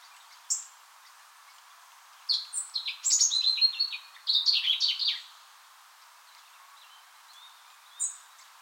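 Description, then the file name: European robin song: a lone thin high note, then a long tumbling phrase of varied sweet whistles and trills for about three seconds, and one more high note near the end. "Erithacus rubecula"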